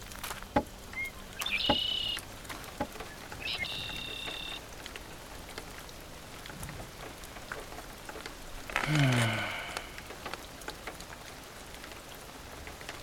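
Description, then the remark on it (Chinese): Steady rain patters down at a family's old hometown, with scattered sharp drips, joined by a couple of brief high whistling tones early on and a short burst of chirpy, falling calls partway through. “等不下雨了，我去给我爸上个坟，就可以回去了。”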